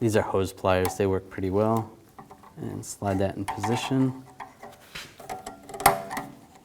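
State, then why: Seated. Someone talks while a parking brake shoe spring is slid into position with hose pliers onto the brake shoe and rear brake backing plate of a 1999-2007 Chevy Silverado 2500. After a few small metallic clicks, the spring snaps into its locked position with a sharp metallic hit at 5.9 s, and it is confirmed to be locked in place.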